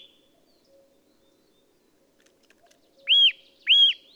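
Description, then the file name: Eurasian nuthatch, two loud arched whistles in quick succession after a few quiet seconds. "Sitta europaea"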